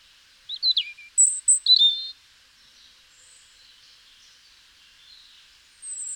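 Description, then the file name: European robin, thin high warbled notes in two short bursts near the start, then a long quiet stretch with faint high traces and one more brief note at the end. "Erithacus rubecula"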